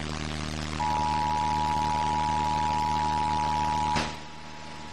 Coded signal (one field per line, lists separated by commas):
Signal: Emergency Alert System (SAME) tones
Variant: 853 and 960 Hz attention tone